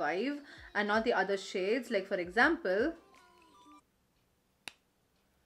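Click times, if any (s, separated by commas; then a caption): 4.7 s. Someone talks while working the retractable mechanism of a SUGAR Matte Attack Transferproof lipstick bullet in its plastic tube, using a shade with no issue to compare with a faulty one. After a brief quiet, a single sharp click sounds at 4.7 s. The mechanism clicks into place and the stick now comes out.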